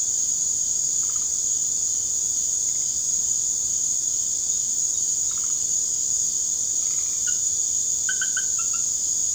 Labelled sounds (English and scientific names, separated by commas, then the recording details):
none
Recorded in secondary vegetation near Puerto Asís, Putumayo, Colombia, on 21 December 2024 at 19:00
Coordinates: 0.489, -76.322
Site G059